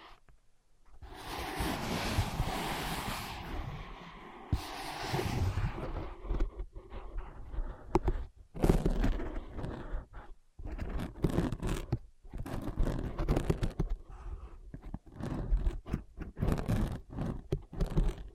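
Tapping and scratching on ear pads: a dense rubbing rush early, then irregular bursts of muffled taps and scrapes broken by brief silences.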